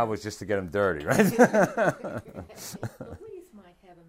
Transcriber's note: laughter